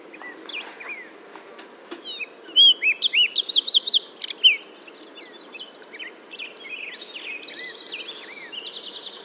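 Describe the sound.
Green-tailed towhee song: a loud, quick series of slurred notes, then softer scattered chirps and a short trill over steady background noise.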